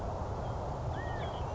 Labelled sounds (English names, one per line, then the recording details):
California Quail
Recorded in Sonoma County, California